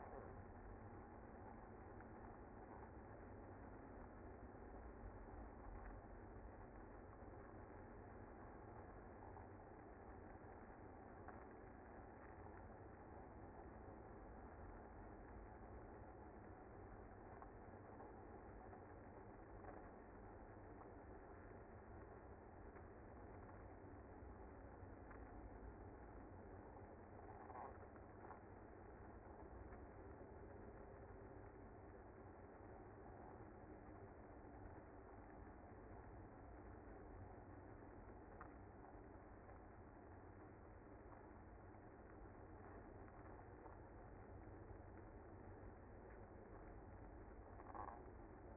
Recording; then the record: honeybee colony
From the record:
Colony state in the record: active